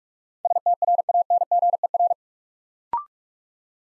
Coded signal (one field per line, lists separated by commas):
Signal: Morse code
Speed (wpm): 44 wpm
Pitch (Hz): 700 Hz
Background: none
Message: STRANGER